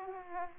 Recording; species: mosquito wingbeat signal from an infrared sensor; Aedes aegypti